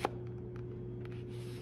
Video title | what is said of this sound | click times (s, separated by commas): The Ultimate Leather Sheath Building Tutorial - Buck 110 | uh you can slightly hear that sound of this sheath clicking into place | 0.1 s